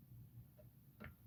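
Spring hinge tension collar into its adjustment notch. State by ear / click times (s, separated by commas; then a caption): seated / 1.0 s. The tension collar on a spring-loaded interior door hinge is turned until it drops into its first adjustment notch. A single sharp metallic click is heard at 1.0 s over a low background rumble, and the collar seats in the notch.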